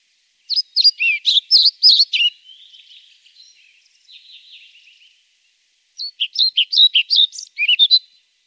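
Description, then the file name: European pied flycatcher singing two quick, jumbled phrases of high sweet notes, the first trailing into a soft rambling twitter, then a pause before the second. "Svartvit flugsnappare"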